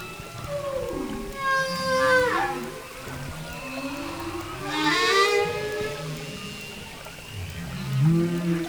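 Humpback whale song with sweeping tonal moans and harmonic rising whoops, one around two seconds and another near five seconds, over low rumbling water noise.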